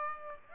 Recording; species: mosquito wingbeat signal from an infrared sensor; Aedes aegypti